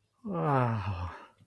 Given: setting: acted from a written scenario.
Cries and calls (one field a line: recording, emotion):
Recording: vocal sound without words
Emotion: elation